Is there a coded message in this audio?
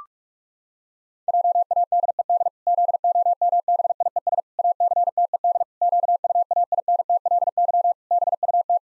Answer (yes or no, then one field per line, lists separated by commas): yes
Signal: Morse code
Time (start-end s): 1.3-8.8 s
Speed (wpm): 41 wpm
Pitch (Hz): 700 Hz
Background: none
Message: JADED ZOMBIES ACTED QUAINTLY BUT